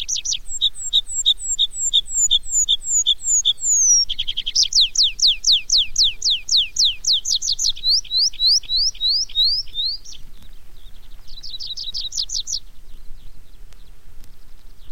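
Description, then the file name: Tree pipit song: a series of repeated high chips, then a fast run of descending slurred notes and another quick trilled phrase. "baumpieper"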